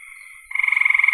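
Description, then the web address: Frog call: a soft steady buzz, then a loud, rapid pulsed trill starting halfway through. "cn frogs"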